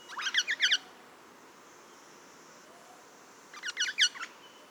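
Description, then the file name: Pale-headed rosella giving two short bursts of quick, clipped piping notes, separated by about three seconds of quiet background. "blednogolovaya rozella platycercus adscitus"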